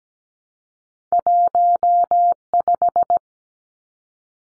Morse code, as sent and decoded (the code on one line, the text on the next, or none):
.---- .....
15